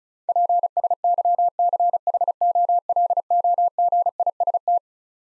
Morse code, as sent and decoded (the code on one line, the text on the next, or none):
.--. ... -.-- -.-. .... --- .-.. --- --. .. ... -
PSYCHOLOGIST